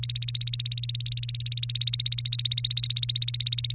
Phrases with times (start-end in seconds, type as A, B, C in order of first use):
0.00-3.74 A